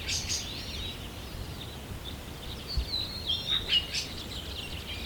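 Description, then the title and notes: Birds chirping and twittering at high pitch, with a few clear whistled slurs standing out, over steady background noise. Birds at sunrise, early morning. "am. Birds. Birds at sunrise"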